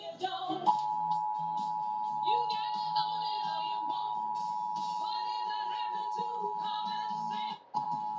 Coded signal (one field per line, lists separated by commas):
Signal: Emergency Alert System (SAME) tones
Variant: 853 and 960 Hz attention tone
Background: music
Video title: Finally Ending Out ANOTHER May... | EAS #340-345 (Test Alerts from May 2023)